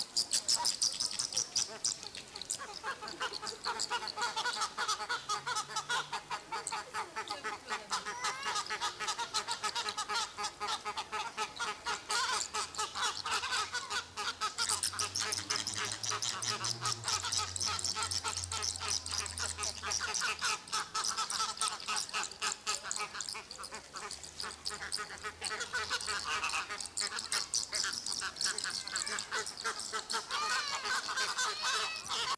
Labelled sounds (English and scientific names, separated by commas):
Chilean Flamingo (Phoenicopterus chilensis) call